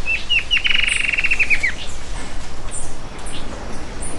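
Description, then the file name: Bird delivers one fast, even trill of bright high notes that ends in a falling flourish, over constant low rumbling noise. "SABIOD 50 bird 2015"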